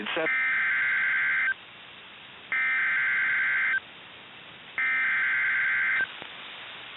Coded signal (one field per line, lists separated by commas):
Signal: Emergency Alert System (SAME) tones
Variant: header bursts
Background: speech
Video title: 6/11/22 - Severe Thunderstorm Warning on KIH61 (EAS #532)